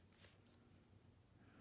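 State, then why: Not seated. A plastic laptop screen bezel and display assembly is worked by hand into the laptop's display lid casing. Soft rustling and scraping handling noises sit over a steady low hum, with brief brighter scuffs near 0.2 s and 1.5 s. Nothing has seated or snapped into place yet.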